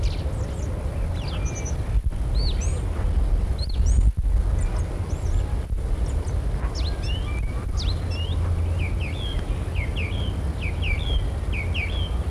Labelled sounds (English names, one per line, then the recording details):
European Starling song
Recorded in the wild
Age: adult
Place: Erkner, Brandenburg, DE
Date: 1963-06-04 16:40
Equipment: Minifon, Kopie Smaragd
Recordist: Tembrock, Günter